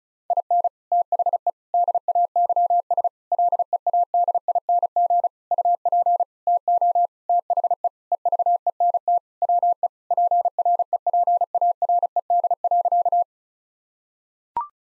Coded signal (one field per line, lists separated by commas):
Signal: Morse code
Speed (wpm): 36 wpm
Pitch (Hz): 700 Hz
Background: none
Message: IN THE DAYS LEADING UP TO THE EVENT WE PREPARED.